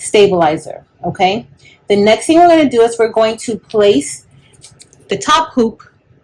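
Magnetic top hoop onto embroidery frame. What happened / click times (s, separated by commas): The part is handled but not yet seated; no seating click is heard / none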